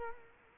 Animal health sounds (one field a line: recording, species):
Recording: mosquito wingbeat signal from an infrared sensor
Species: Culex quinquefasciatus